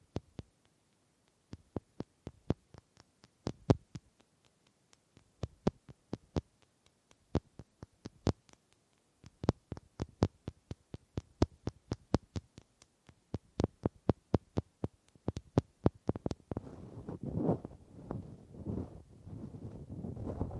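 Sharp wooden taps and clicks land in quick, irregular bursts for about sixteen seconds, some single and some in rapid clusters. After that the taps stop and a softer, rumbling rustle takes over, uneven and lower, running to the end.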